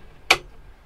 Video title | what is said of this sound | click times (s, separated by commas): Hanse 458 - Guided-Tour-Video präsentiert von West Yachting | there's a click and then it's fixed up here | 0.3 s